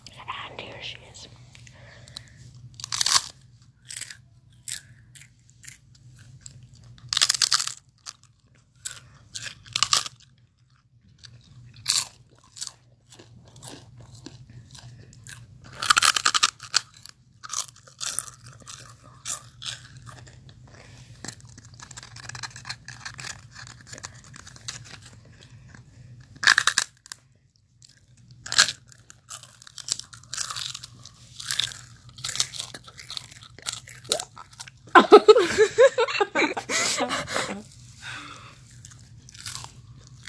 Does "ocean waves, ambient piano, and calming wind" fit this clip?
no